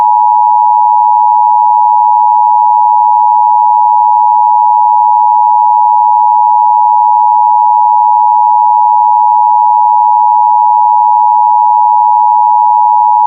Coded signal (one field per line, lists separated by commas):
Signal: Emergency Alert System (SAME) tones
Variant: 853 and 960 Hz attention tone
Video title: C&C EAS Scenario - Part Three: The Last Act